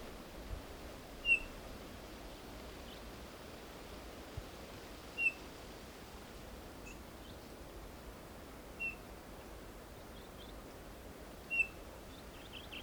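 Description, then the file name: Eurasian bullfinch calling with four brief, soft piped whistles spaced a few seconds apart, faint higher chirps scattered through, against a steady hiss. "Pyrrhula pyrrhula"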